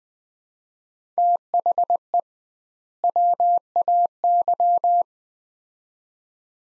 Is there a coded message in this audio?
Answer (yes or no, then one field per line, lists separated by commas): yes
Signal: Morse code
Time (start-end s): 1.2-5.0 s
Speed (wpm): 20 wpm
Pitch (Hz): 700 Hz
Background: none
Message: THE WAY